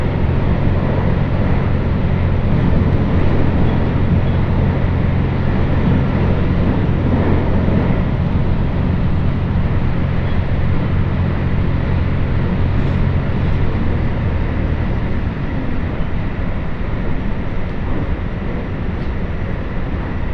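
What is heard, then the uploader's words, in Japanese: A train ride on the Muroran Main Line from Koboro to Toya: a steady, dense rumble of wheels on rails runs throughout. A low, even engine drone sits underneath until about fifteen seconds, then fades, leaving the roar slightly quieter. 耳で楽しむ鉄道旅 室蘭本線 小幌→洞爺。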